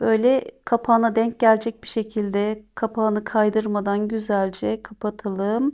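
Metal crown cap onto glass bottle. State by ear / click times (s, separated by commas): not seated / none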